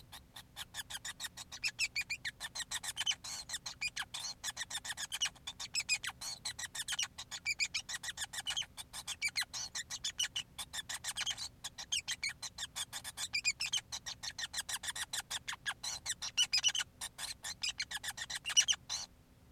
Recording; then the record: song of a male Bengalese finch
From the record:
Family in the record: son of father 5